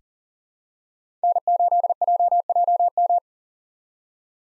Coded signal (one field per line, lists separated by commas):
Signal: Morse code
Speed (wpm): 40 wpm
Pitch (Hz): 700 Hz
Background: none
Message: N8JJM